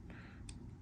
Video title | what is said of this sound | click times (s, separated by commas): My First Video!! Intro to the channel | Yeah, see, that just kind of snaps back in, | 0.5 s